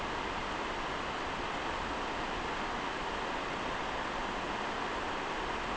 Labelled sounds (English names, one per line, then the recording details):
none
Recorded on Arctic tundra, site NAIT-1, on 29 June 2018
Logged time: 01:00